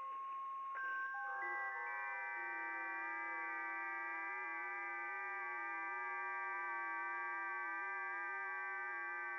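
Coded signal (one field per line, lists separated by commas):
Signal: FT8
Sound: many overlapping steady warbling tones forming a dense chord, starting after one second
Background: radio static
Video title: RDX3CW - SWL on 10.136 MHz FT8 [2 HOURS]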